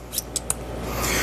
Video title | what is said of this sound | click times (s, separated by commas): TS80 Mini Smart Soldering Iron | simply clicks in there with a nice pleasing a little clickety click here | 0.2 s, 0.4 s, 0.5 s